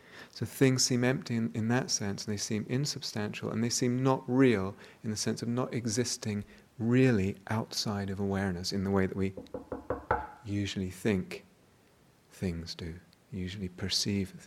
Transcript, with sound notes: So things seem empty in that sense, they seem insubstantial, and they seem not real in the sense of not existing really outside of awareness in the way that we [knocks on something] usually think things do, usually perceive things.